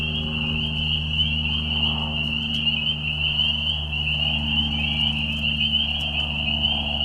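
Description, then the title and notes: Spring peepers producing a constant high whistled chorus, layered over a low droning hum throughout. Mating call chorus in a marsh at night during a very short spring season, Tiny Marsh Conservation Area, Tiny, Ontario; high whistles at low volume. "Peeper frogs in the spring. This is a recording made of Peeper frogs in a marsh at night. This is a mating call that happens during a very short season in the Spring. Recorded at the Tiny Marsh Conservation area in Tiny, Ontario. Recorded by Anton Pickard. Music for Sleep project"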